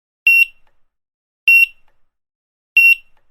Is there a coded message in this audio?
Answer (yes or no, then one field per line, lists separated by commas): no